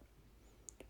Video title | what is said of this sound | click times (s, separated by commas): PC build tutorial 2021 | until you hear a click from the slot | 0.7 s, 0.8 s